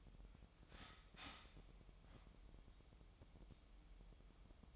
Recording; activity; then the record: daily activity, microphone in the room; start toaster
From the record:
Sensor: 1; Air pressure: 988.6 hPa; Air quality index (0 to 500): 196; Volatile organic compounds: 933 ppm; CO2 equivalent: 5232 ppm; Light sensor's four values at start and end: 25/94/35/37 and 25/94/35/37